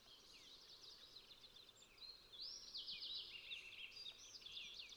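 Fox sparrow song: a rapid, jumbled run of high warbled and slurred notes, becoming brighter and louder midway, over soft background hiss.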